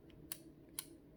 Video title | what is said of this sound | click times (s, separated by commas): $80 Samsung Note 8 Restoration! | okay yeah it's supposed to go underneath just clicked into place so | 0.3 s, 0.8 s